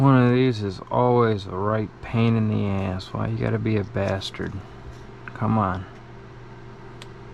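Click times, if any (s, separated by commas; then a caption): 7.0 s. A flex cable connector is pressed onto its board socket inside a phone after a struggle while someone talks in frustration. Speech fills most of the clip over a low steady hum. A short sharp click at 7.0 s marks the connector seating.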